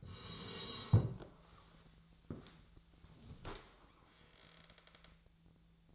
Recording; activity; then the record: daily activity, microphone in the room; sit down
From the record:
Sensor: 3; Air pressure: 1000.4 hPa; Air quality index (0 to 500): 170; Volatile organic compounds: 3 ppm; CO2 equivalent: 1484 ppm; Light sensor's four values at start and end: 14/33/14/15 and 14/33/14/14